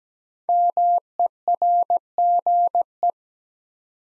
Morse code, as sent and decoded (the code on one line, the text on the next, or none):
-- . .-. --. .
MERGE